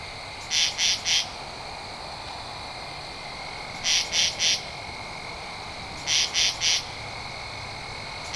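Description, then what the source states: Katydid calls as scratchy three-pulse bursts, spaced every two to three seconds, with only soft background hiss between them. Recorded 2 October 2012.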